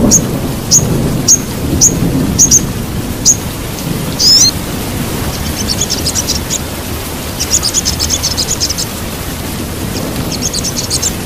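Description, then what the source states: Sogok ontong song: thin, very high chirps repeated about every half second, then dense buzzy trilled bursts, over a steady rain-like rushing noise. Masteran training recording for songbirds; labaik song style.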